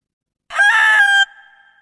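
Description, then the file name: Bird call: one harsh, crowing note lasting under a second, rich in harmonics, ending in a thin, fading tonal tail; otherwise silent. "uccelli birds"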